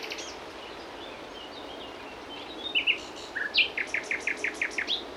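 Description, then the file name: Common nightingale song: quiet scattered notes, then a run of several repeated notes in quick, even succession. "Luscinia megarhynchos"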